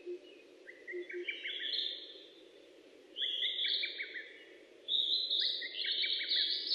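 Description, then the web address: Bird song: three short phrases mixing quick ticking trills with higher buzzy, whistled notes, over a steady low hum with a few faint beeps early on. Recorded 29 May 2004. "2004 040529 saezuri"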